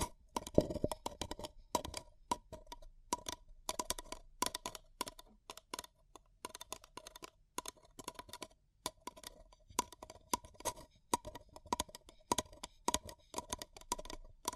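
A paper cup is handled with quick crinkling taps and scratches, dense clusters of crisp clicks running through the full fifteen seconds with brief pauses between bursts. The sounds are bright and papery over a faint low hum, with a heavier crunch near the start.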